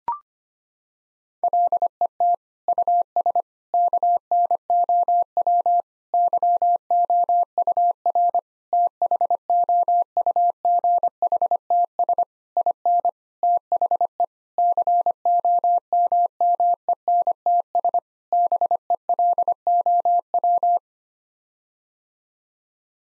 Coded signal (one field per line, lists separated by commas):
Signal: Morse code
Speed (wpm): 25 wpm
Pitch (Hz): 700 Hz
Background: none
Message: LET US KNOW YOUR THOUGHTS IN THE COMMENTS BELOW